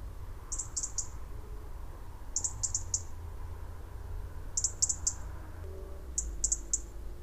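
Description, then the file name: European robin giving very high, thin ticking notes in quick groups of three or four, repeated about every two seconds over a steady low rumble. "Erithacus rubecula"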